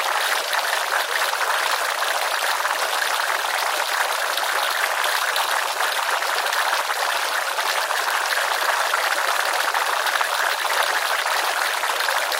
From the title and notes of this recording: Bubbling Laboratory Beakers. The soft hissing and bubbling sounds. Glassware filled with colorful liquids gently bubbling away.